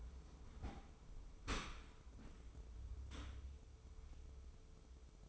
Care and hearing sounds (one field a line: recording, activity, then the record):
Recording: daily activity, microphone in the room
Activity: open dishwasher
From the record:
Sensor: 1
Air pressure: 995.8 hPa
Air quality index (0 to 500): 57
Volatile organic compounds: 2 ppm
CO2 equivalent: 1102 ppm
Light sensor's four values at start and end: 32/109/42/44 and 32/109/42/44